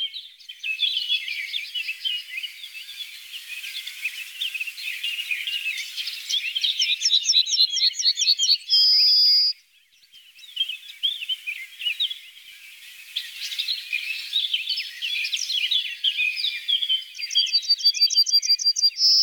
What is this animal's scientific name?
Emberiza citrinella